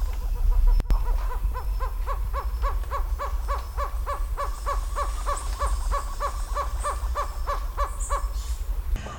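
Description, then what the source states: Slaty-tailed trogon call: a long, steady series of low, hooting notes, about three a second, with a sharp click early on. Recorded in Belize.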